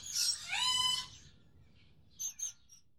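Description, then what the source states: Bird hatchling giving a thin, drawn-out whining cheep, then a few faint short chirps after a pause. A hatchling tweeting and chirping.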